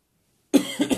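After a moment of silence, an adult man gives one short, harsh cough made of three quick bursts in under half a second. The cough is set off by a deep breath. He woke up short of breath with a blocked nose, and it is not COVID.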